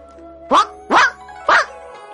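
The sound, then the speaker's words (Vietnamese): A large dog barks wildly, three loud, rough barks in an even rhythm about half a second apart, over a low steady hum. “Con chó to kia cũng sủa loạn cả lên.”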